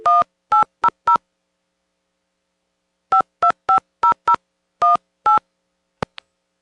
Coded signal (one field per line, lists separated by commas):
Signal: DTMF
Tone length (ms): 110 ms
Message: 1800 5250018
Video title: Phone Trip to Palmerton Telephone Company - April 2026